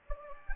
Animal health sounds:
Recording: mosquito wingbeat signal from an infrared sensor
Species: Anopheles gambiae

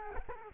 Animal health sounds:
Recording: mosquito wingbeat signal from an infrared sensor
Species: Culex quinquefasciatus

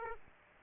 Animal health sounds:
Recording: mosquito wingbeat signal from an infrared sensor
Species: Aedes aegypti

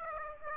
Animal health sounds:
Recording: mosquito wingbeat signal from an infrared sensor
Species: Aedes aegypti

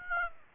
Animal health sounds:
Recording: mosquito wingbeat signal from an infrared sensor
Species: Aedes aegypti

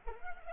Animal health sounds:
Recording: mosquito wingbeat signal from an infrared sensor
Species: Culex pipiens

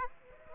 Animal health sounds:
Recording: mosquito wingbeat signal from an infrared sensor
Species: Aedes aegypti

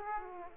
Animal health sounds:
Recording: mosquito wingbeat signal from an infrared sensor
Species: Aedes aegypti

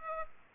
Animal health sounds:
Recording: mosquito wingbeat signal from an infrared sensor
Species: Culex pipiens

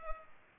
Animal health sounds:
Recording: mosquito wingbeat signal from an infrared sensor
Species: Culex pipiens

